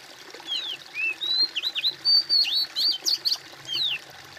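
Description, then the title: Bird song, a quick string of high whistled notes, some slurred downward and some rising, delivered in bursts over a faint steady hiss. "kOMPILASI suara bird"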